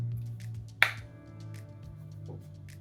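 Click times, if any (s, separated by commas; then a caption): 0.8 s. A new Z Flip 4 foldable phone is folded closed by hand, its two halves closing on the hinge. A single sharp, bright snap at 0.8 s, heard over soft background music, shows the hinge clicking fully shut with a satisfying click.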